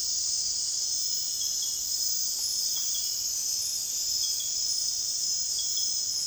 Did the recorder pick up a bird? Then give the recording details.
no. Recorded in dense forest near Puerto Asís, Putumayo, Colombia, on 29 June 2025 at 00:30. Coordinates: 0.468, -76.322. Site GP03